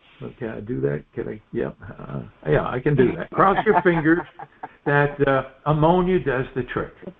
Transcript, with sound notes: Can I do that? Can I? Yeah. Uh. Yeah, I can do that.
(laughs)
Cross your fingers-
(laughs)
... that, uh, ammonia does the trick.